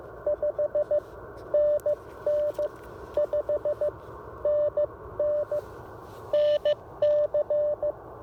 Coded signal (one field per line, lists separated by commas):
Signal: Morse code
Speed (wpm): 18 wpm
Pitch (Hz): 590 Hz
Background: none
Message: 5 NN 5 NN NC